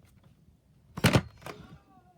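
A battery pack is pushed again to release its latch on a Henry cordless or Hetty cordless vacuum cleaner. A sharp clack is heard at 1.0 s, then a louder one at 1.1 s, with a softer knock near 1.5 s. The pack pops out of the vacuum body, released.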